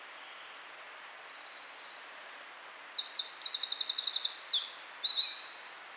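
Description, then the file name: Eurasian wren song, a soft high trill first, then a louder outburst of rapid, shrill notes with a fast rattling trill and jumbled twitters. "Troglodytes troglodytes"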